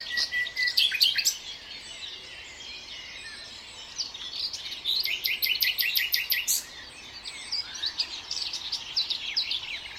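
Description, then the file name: Common nightingale singing: sharp notes, then a fast run of repeated notes in the middle, followed by softer varied phrases over constant background noise. "Luscinia megarhynchos"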